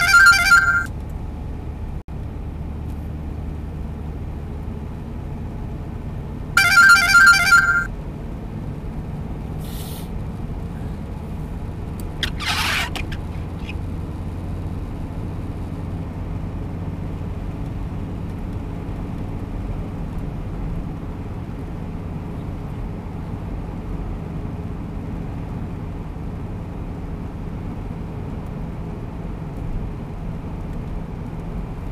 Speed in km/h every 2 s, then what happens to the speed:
72, 75, 78, 80, 83, 85, 88, 89, 91, 92, 92, 91, 92, 92, 90, 90.
0-17 speeds up to 92. 17-32 steady at about 92.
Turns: none.